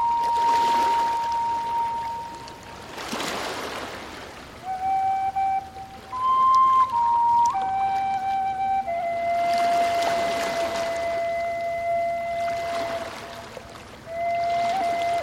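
Slow ocean waves wash in and out, swelling in soft surges every few seconds. Over them a flute plays long, held notes, stepping between a few mid-high pitches with smooth, sustained tones. The water stays hissy; the melody is slow and calm.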